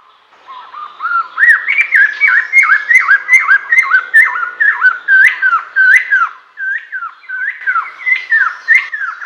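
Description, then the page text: White-necked laughingthrush calls, a loud, rapid series of whistled, hooked notes in bouncy phrases. "White-Necked Laughingthrush Call. Quick Sounds"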